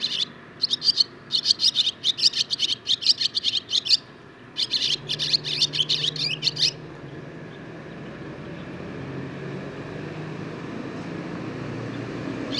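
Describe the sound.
Barn swallow song, a lively stream of fast twittering and scratchy chirps in two long bursts over the first seven seconds, followed by quieter background noise.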